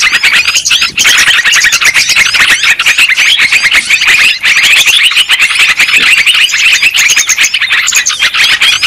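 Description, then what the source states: Lovebird flock calling, harsh squeaky chirps delivered rapidly and continuously, with brief small dips in the chatter. Lure recording of lovebird calls, used to attract birds for trapping.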